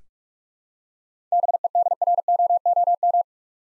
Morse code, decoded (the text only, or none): BEDROOM